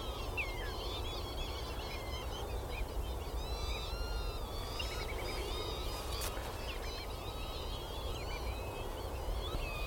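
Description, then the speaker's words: Northern lapwing whooping calls, a dense chorus of many overlapping wheezy slurred whistles, under constant low wind rumble. Flock of about 100 lapwings calling together on winter coastal marshes in Somerset, England. "That's them all whooping."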